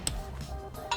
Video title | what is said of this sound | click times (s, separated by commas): 2000 Lexus RX300 Trailer Hitch Installation | I've got that set on my torque wrench, and you'll hear that value reached when the wrench clicks. | 0.1 s